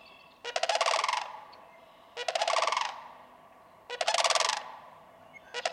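Sandhill crane making a series of four gravelly, rolling rattles spaced under two seconds apart.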